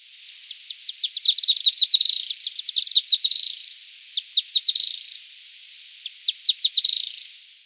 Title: LuckyPassaro Completos2Sama. Firewood-gatherer (Anumbius annumbi)